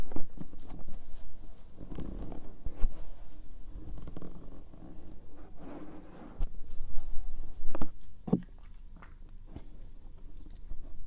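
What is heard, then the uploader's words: Ear brushing and tapping make soft muffled rustles and thumps, irregular and low, with a sharper tap near eight seconds. Ear brushing. Ear tapping. Ear touching.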